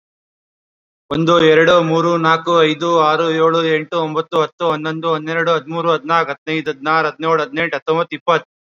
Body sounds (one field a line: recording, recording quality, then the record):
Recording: counting at a fast pace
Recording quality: excellent, no background noise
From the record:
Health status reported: COVID-19 positive, mild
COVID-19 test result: positive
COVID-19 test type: RT-PCR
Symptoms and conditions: cold, fever, another respiratory illness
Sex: male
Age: 27 years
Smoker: no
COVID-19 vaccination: both doses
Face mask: worn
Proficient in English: yes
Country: India